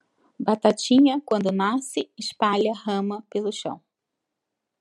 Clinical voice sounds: short text; Brazilian Portuguese; female; 50 to 59 years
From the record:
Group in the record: control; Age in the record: 56 years

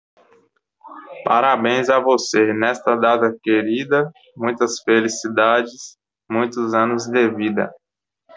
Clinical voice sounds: short text; Brazilian Portuguese; male; 20 to 29 years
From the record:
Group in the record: control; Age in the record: 26 years

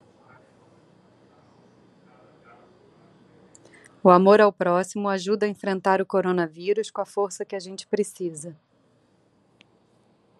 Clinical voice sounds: spoken sentence; Brazilian Portuguese; female; 30 to 39 years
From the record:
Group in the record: control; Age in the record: 39 years

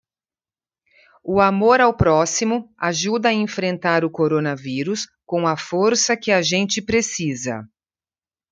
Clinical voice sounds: spoken sentence; Brazilian Portuguese; female; 40 to 49 years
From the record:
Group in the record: control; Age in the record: 49 years

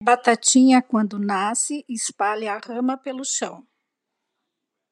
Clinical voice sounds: short text; Brazilian Portuguese; female; 50 to 59 years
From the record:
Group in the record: control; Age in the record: 57 years

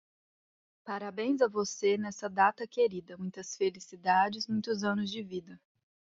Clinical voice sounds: short text; Brazilian Portuguese; female; 30 to 39 years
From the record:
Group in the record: control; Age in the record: 30 years

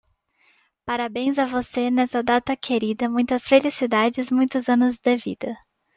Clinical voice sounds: short text; Brazilian Portuguese; female; 20 to 29 years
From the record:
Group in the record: control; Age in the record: 20 years

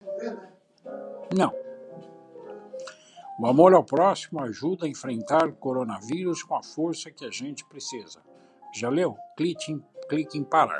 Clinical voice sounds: spoken sentence; Brazilian Portuguese; male; 70 to 79 years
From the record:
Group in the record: control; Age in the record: 70 years

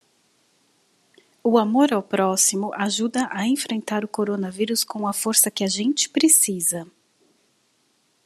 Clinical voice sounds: spoken sentence; Brazilian Portuguese; female; 40 to 49 years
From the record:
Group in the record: control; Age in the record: 47 years

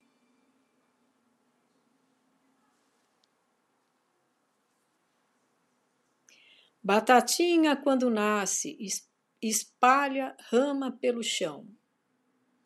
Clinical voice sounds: short text; Brazilian Portuguese; female; 60 to 69 years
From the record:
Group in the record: control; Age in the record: 61 years

